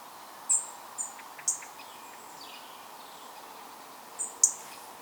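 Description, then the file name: European robin uttering a burst of short, high, thin call notes, a quiet gap, then two more sharp ticks, against steady faint hiss. "Erithacus rubecula"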